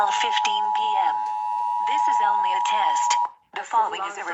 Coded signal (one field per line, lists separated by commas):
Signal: Emergency Alert System (SAME) tones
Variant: 853 and 960 Hz attention tone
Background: speech